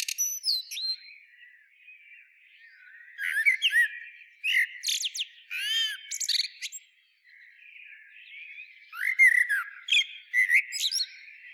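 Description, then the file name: Eurasian blackbird singing repeated verses of mellow whistles that end in high, chattering squeaks, with short pauses between phrases. "Turdus merula"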